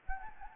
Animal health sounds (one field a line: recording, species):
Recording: mosquito wingbeat signal from an infrared sensor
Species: Anopheles gambiae